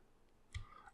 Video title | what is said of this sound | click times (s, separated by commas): Nemesis Reviews Transformers War for Cybertron: Siege Starscream | that and you pull move it up click into place up here and then | 0.6 s